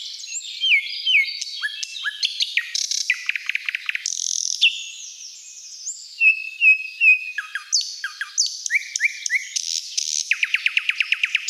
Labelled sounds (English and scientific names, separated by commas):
Thrush Nightingale (Luscinia luscinia) song